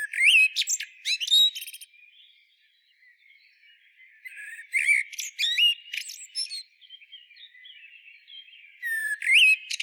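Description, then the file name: Eurasian blackbird singing three phrases of whistled notes and high, squeaky twittering, separated by quiet gaps. "Turdus merula"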